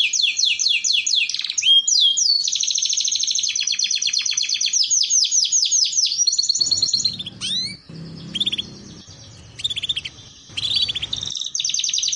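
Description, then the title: Canary singing fast rolling trills and sharp repeated chirps, switching tours every second or two, broken midway by a noisy stretch with short upward whistles. Belgian canary song played to warm up, lure and train canaries, a master song for young canaries learning to sing. "Canto Para Esquentar Canário Belga. Terapi Pancingan Suara Kenari Gacor || Masteran Kenari Paud Belajar Bunyi"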